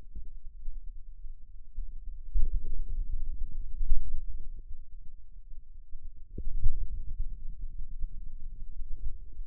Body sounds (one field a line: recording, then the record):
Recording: forearm muscle sounds (acoustic myography)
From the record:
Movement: ulnar deviation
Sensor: system 2, bracelet of six BSWA MPA416 microphones around the upper forearm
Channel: 1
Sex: male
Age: 22 years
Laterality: right